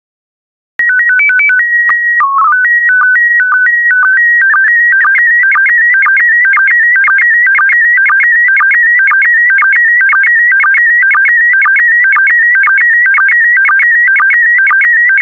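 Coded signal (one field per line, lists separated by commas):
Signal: SSTV (slow-scan television)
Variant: PD 120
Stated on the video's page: PD120-mode SSTV practice transmissions made for listeners to decode, sets of four images from a stock photo collection.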